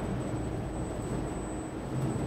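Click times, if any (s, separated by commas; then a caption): none. The large sliding guard door on an XYZ XL780 large flat bed lathe enclosure is pushed open toward its locking position, with a steady low rumble and broadband noise and no distinct impacts. The door has not yet reached full retraction, so nothing has locked or clicked into place yet.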